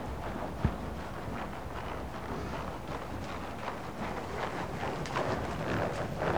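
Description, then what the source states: Horse footfalls, muffled and irregular at about two per second, with a single sharp knock near the start and steady low noise throughout. One horse working in an indoor school.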